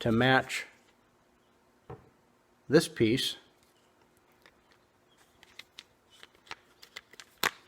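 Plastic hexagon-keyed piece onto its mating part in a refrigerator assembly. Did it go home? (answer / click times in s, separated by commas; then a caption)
yes / 7.4 s. A small plastic piece with a hexagon-shaped fitting is lined up with its mating part in a Maytag refrigerator assembly while someone talks. It is pushed on, producing a few light plastic ticks and clicks. It snaps into place with the loudest sharp click at 7.4 s.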